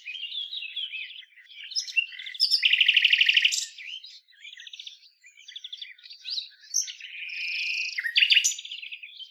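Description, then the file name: Common nightingale song, varied and continuous, with a loud rapid rattling trill near the middle and quick chattering, whistled and buzzy phrases throughout. "Luscinia megarhynchos"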